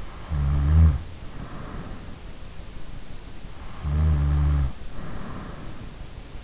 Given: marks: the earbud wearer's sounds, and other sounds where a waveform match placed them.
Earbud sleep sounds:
sounds in sleep by an in-ear microphone; snoring breath
0.23-1.99 s: snoring breath
3.81-5.54 s: snoring breath

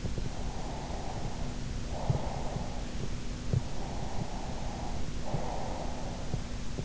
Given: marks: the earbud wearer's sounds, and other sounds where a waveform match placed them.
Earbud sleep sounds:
sounds in sleep by an in-ear microphone; breath
0.33-2.78 s: breath
3.63-6.26 s: breath

